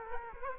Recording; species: mosquito wingbeat signal from an infrared sensor; Culex quinquefasciatus